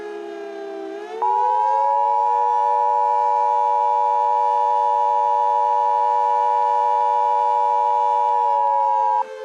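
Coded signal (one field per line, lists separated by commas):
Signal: Emergency Alert System (SAME) tones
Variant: 853 and 960 Hz attention tone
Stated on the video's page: Fictional EAS scenario, a simulated alert.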